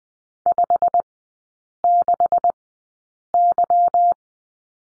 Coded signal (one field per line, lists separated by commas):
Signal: Morse code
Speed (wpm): 20 wpm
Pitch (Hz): 700 Hz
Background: none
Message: 56Y